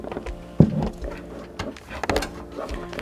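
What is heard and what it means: A CPU power cable's plastic connector is handled at the motherboard's CPU-labelled power header, with a sharp knock at about 0.6 s and a quick cluster of knocks around 2.0 to 2.2 s over steady background music. The connector has not seated or clicked in yet.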